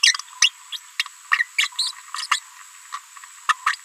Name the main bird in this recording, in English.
Green-rumped Parrotlet